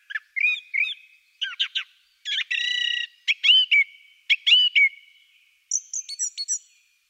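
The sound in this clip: Song thrush singing a varied series of short phrases, some repeated, ending with high thin notes.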